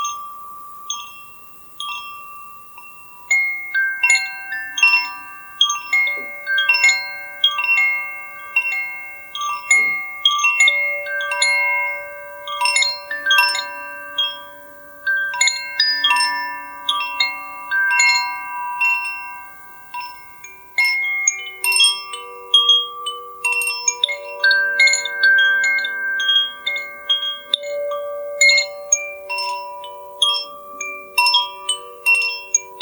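A Koshi bell chime rings continuously with overlapping, irregular bright tones that strike every second or so and ring out long, layering together.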